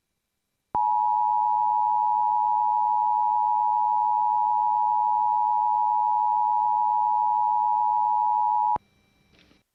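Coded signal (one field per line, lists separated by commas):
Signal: Emergency Alert System (SAME) tones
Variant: 853 and 960 Hz attention tone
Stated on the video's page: Simulated EAS scenario, not a real broadcast, may contain valid tones.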